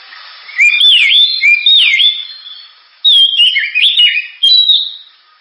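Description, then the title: Oriental magpie-robin delivering looping, swooping whistles in short bursts separated by brief gaps, with sweet slurred notes and chattering flourishes. Actively singing bird described as having a sharp, very loud voice, used as a lure track to encourage other birds to sing. "Kacer Gacor Suara Tajam. Kacer Gacor Suara Super Kenceng Cocok untuk Pancingan"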